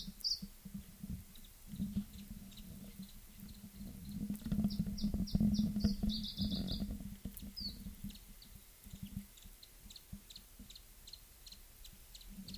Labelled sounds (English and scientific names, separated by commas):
Iberian Chiffchaff (Phylloscopus ibericus)